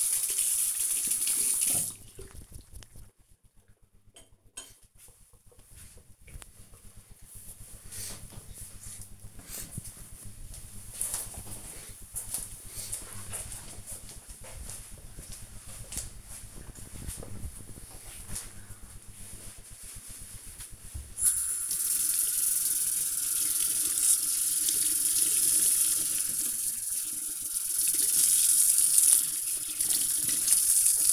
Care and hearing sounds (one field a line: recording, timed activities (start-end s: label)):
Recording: household activities, microphone on the right wrist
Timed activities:
0.00-2.95 s: brushing teeth
20.05-31.13 s: cleaning table